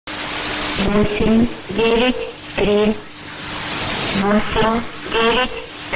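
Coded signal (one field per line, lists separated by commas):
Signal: numbers station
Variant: S06s, Russian female voice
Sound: a woman's voice reading short, evenly spaced words, about six in six seconds, through static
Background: radio static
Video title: 12 09 2017 Numbers station S06s Russian Lady in Russian to Eu 1014 on 7340 unknown tx site in CUSB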